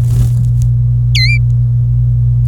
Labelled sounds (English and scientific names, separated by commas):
Domestic Canary (Serinus canaria) song